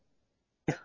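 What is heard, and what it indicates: A single cough from an adult woman who has lung contusion and infection following thoracic vertebra fractures. She needs oxygen 24 hours a day and is breathless when talking, and she coughs and then brings up fluid.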